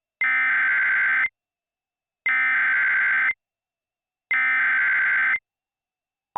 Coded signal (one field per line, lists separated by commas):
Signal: Emergency Alert System (SAME) tones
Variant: header bursts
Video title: EAS Mock #12: Tornado Emergency for Sacramento, CA